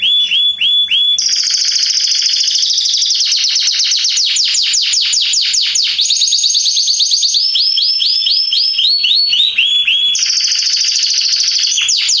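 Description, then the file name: Canary song, a loud continuous run of rapid trills and rolling tours with high sweeping notes, steady throughout. "Canary Voice"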